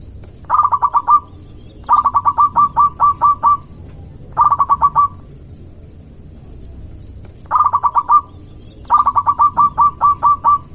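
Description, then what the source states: Zebra dove song: several phrases of rapid, short staccato cooing notes. Local zebra dove.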